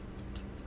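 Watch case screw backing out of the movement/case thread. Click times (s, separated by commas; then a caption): 0.4 s. A small steel case screw is backed out of the thread on a ladies' Waltham size zero pocket watch, and a single faint, bright click is heard at 0.4 s over a low steady hum. The click means the screw has reached the end of its threads and is released, so it can be lifted straight out.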